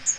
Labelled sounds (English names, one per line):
Magnolia Warbler flight call